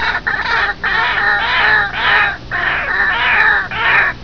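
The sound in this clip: White-breasted Waterhen calling loudly: grating, nasal croaks in repeated bursts, each rough and harmonic-rich.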